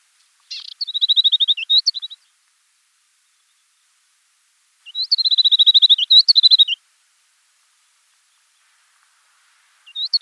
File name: Slavka pustynnaja